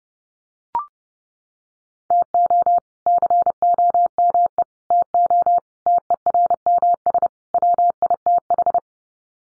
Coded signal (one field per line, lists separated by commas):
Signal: Morse code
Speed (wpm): 30 wpm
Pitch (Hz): 700 Hz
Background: none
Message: TO COME TO TERMS WITH